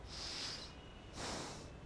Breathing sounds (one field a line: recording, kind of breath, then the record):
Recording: one breath in and out by a microphone near the nose and mouth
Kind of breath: deep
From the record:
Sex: male